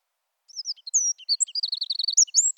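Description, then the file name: Eurasian wren singing a fast, high outpouring of crisp chips and whistles, with a long trill that leads into bright rising notes at the end. "Troglodytes troglodytes"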